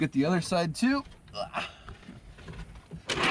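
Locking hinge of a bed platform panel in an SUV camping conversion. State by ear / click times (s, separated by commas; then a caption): seated / 3.1 s. Someone talks as the second side of the fold-out bed platform in a Nissan Xterra camping conversion is swung up on its locking hinge. A sharp click at 3.1 s marks the hinge locking into place, seating the panel.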